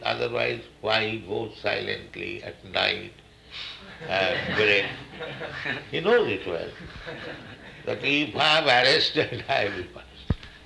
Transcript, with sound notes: otherwise why he goes silently at night and break? [laughter] He knows it well that "If I am arrested I will be punished."